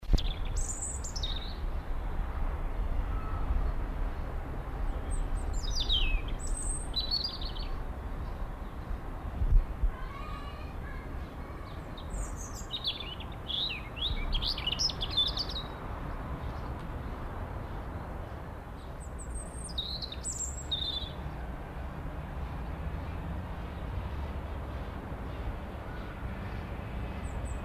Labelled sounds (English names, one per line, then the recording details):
European Robin song
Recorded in the wild
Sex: male
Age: adult
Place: Zoo Halle, Sachsen-Anhalt, DE
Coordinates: 51.5053, 11.9625
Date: 1991-04-06 11:03
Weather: sunny, 4-13 °C
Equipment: Marantz, Sennheiser ME 80, Kopie Tesla B 116
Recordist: Tembrock, Günter